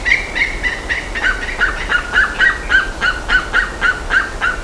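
Bird calls, a quick series of short clipped notes, first slightly higher, then settling lower, about three or four a second.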